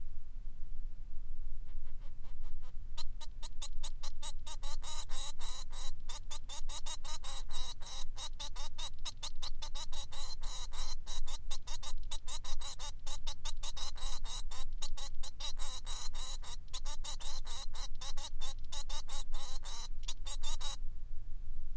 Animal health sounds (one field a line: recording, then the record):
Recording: song of a male Bengalese finch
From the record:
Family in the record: son of father 3